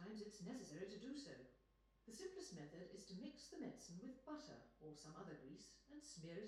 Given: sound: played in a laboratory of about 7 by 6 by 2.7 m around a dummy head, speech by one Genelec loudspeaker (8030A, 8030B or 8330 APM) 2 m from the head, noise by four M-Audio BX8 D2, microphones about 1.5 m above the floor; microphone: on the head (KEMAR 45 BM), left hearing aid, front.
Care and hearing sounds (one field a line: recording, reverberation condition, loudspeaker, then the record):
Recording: female speech in English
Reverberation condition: medium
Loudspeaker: 120 degrees to the right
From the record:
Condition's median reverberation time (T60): about 510 ms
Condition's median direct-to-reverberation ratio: about -0.5 dB